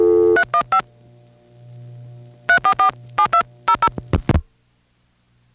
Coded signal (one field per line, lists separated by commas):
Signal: DTMF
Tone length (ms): 90 ms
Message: 315 3447200